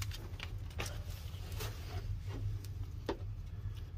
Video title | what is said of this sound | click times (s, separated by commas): Gen 1 Prius 2001 2002 2003 crank shaft position sensor replacement. C1259 P0335 P3120 | I didn't really hear a click it's definitely not clicked yet but | none